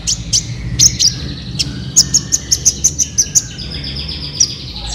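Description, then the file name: Van Hasselt's Sunbird song: a few scattered high chirps, then a rapid regular series of high, sharp chirps over steady background noise. "suara kolibri ninja"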